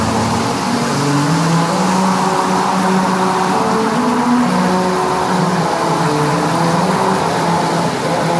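A car drives steadily over a musical road, its engine and tire roar carrying a buzzy, stepped melody of low humming notes that rise and fall throughout, loud and continuous with no talking.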